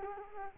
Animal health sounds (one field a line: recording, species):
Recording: mosquito wingbeat signal from an infrared sensor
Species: Culex quinquefasciatus